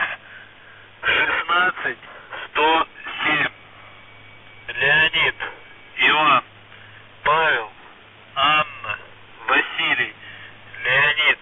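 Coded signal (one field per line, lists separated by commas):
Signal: numbers station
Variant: UVB-76 voice message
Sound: about ten short spoken words read slowly over a radio channel with steady low hum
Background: radio static and hum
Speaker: mensajes que en ruso usando palabras claves y números mandan a las sondas de radio no suena cada día ni en días concretos sino aleatoriamente en pocas ocasiones de hecho solo si escuchas todas las emisiones podrás saber cuando y una te dejo unos ejemplos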